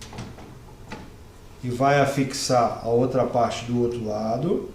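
The first side of a CPU cooler's metal retention clip is pressed onto the plastic retention bracket on the motherboard, giving two short clicks at 0.0 s and 0.9 s as the clip hooks on and seats. After that, someone talks.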